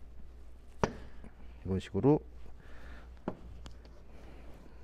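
A plastic trim clip in the fender and hood area of a Kia Carnival KA4 minivan, unhooked from the fender catch, is lifted hard upward. It pops out with a single sharp snap at 0.8 s, and the clip comes free. Someone talks, and a few fainter clicks follow around 3.3 to 3.9 s.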